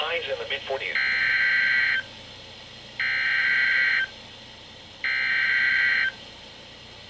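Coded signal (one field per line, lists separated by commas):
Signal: Emergency Alert System (SAME) tones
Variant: header bursts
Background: speech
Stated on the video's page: Areal Flood Warnings and Required Weekly Test received on NOAA Weather Radio.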